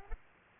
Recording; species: mosquito wingbeat signal from an infrared sensor; Aedes aegypti